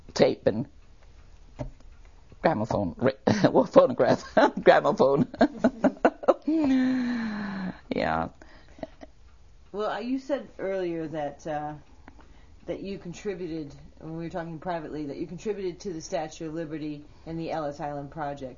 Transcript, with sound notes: tape and phonograph (laughs) gramophone. (laughs) Yeah.
Well you said earlier that - that you contributed - when we were talking privately -- that you contributed to the Statue of Liberty and the Ellis Island Project.